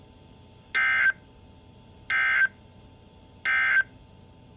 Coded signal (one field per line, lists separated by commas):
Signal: Emergency Alert System (SAME) tones